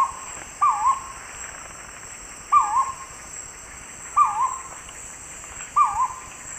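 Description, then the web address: Purple-throated fruitcrow calling, a looping, wavering whistled hoot repeated roughly every one and a half to two seconds, over a constant high-pitched insect hum. Calls, recorded in the eastern lowlands of South America. "S America Eastern Lowlands. Querula purpurata, calls"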